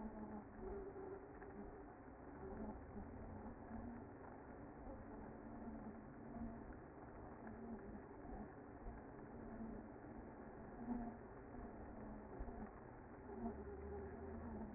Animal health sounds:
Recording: honeybee colony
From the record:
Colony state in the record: active

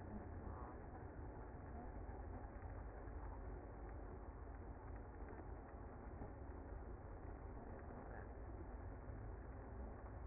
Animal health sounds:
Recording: honeybee colony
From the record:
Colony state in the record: active

